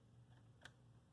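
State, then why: Seated. On the second try, a 6-pin PCIe power cable plug is pushed onto a graphics card's power socket and latches with a single slight, faint, quiet click at 0.7 s. A steady low hum runs underneath, and the connector is seated.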